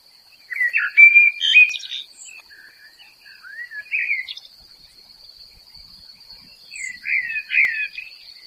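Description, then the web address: Common blackbird singing three separate mellow warbled phrases with scratchy high twitters, separated by pauses, against a constant shrill high drone. "SETE data Turdus merula"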